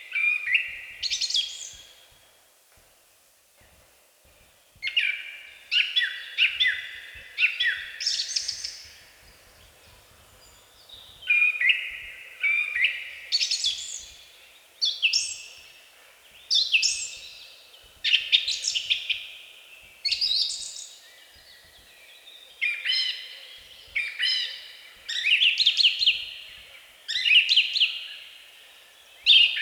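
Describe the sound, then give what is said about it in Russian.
A song thrush sings loud, varied phrases in bursts, each short motif repeated a few times before switching, bright and ringing with brief pauses between, no voices present. “С начала апреля, едва певчие дрозды прилетают на родину, с утра до вечера, особенно громко именно по утрам и вечерам, звучит их песня.”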